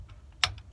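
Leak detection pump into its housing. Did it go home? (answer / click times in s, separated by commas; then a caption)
yes / 0.4 s. A plastic leak detection pump part on a 2008 Dodge Ram SLT is pushed into its housing and turned a quarter turn clockwise, and it seats with one sharp, dominant click at 0.4 s. Faint softer ticks come before and after the click over a low background rumble.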